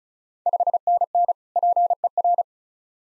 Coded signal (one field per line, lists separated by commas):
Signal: Morse code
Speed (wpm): 36 wpm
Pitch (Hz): 700 Hz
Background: none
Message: 5NN PER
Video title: Ontario QSO Party Exchange 35wpm